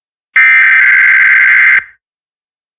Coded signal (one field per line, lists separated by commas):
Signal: Emergency Alert System (SAME) tones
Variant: header bursts